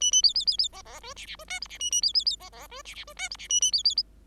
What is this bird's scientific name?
Lonchura striata domestica